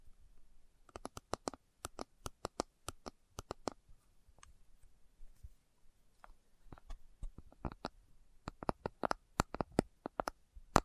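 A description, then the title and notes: Slow tapping comes as sharp, crisp clicks, often in quick clusters of two to four, separated by brief pauses. The taps thin out around the middle, from about four to seven seconds, then return denser and slightly louder toward the end over a faint low rumble. ASMR Slow Tapping for Deep Sleep (No Talking).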